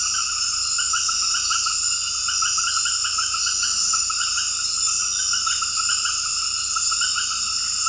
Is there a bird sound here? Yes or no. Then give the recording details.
no. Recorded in dense forest near Puerto Asís, Putumayo, Colombia, on 18 February 2024 at 21:30. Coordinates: 0.484, -76.317. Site G6464